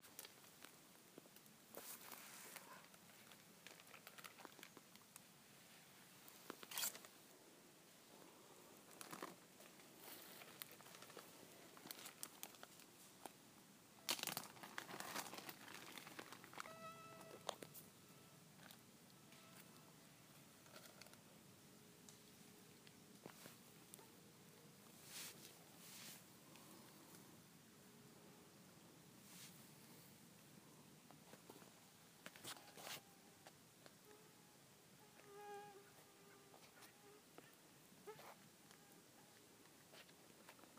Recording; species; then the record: mosquito flight sound by mobile phone; Aedes sierrensis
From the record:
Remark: not in a bag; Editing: field recording with all noises